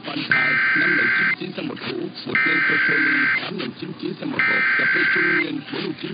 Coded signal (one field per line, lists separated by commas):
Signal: Emergency Alert System (SAME) tones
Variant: header bursts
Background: speech